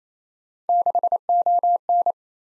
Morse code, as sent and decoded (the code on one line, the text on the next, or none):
-.... --- -.
6ON